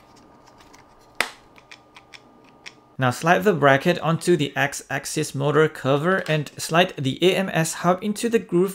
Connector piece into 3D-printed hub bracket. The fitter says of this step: with this small hole here, and you want to press them together until they click.